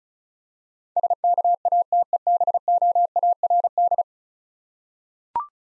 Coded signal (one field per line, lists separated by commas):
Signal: Morse code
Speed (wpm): 36 wpm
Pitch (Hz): 700 Hz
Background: none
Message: SKATEBOARD